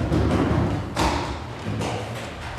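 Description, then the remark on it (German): Heavy footsteps thump down a staircase as a man leaves a room and runs down the stairs: a few dull, uneven thuds with scuffing between them, fairly loud and with no voices. “Als ich meinen Halt wiedergefunden hatte, war er aus dem Zimmer und polterte die Treppe hinunter.”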